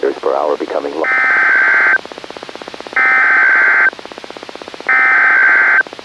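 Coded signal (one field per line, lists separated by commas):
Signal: Emergency Alert System (SAME) tones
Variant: header bursts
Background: speech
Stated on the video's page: Mock alert: a simulated nationwide weather radio test.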